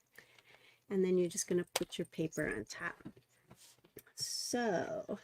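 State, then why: Seated. A one-piece plastic embossing insert is laid into its Stampin' Up embossing folder on the side marked with the brand name and pressed until it snaps into place with a sharp, short click at 0.2 s. Someone then talks while a few faint taps and handling sounds follow. The insert is seated in the folder.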